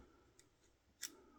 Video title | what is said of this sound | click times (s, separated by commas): Los Angeles shaving Co. Vertical Noir | I heard it click when it came up cuz the the the blade Rose | 1.1 s